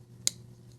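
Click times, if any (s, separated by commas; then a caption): 0.3 s. A Crispy Donut Community Outbreak prototype folding knife has its blade closed into the handle detent, recorded with the mic held close. One sharp, bright click rings out at 0.3 s against a quiet, low background hum. The blade seats solidly in its detent.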